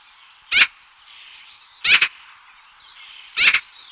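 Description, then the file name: Eurasian magpie uttering three rasping, grating chack calls roughly a second and a half apart, over soft background twittering from other small birds. "pie bavarde"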